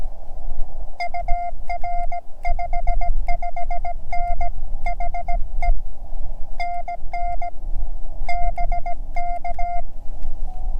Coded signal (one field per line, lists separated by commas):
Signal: Morse code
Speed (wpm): 17 wpm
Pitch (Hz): 700 Hz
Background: none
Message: UR 55N HE NN BK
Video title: My Morse Code Journey: Cheyenne Mountain